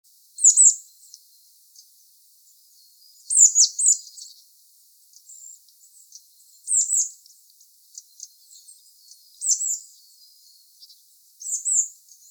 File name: Cyanistes caeruleus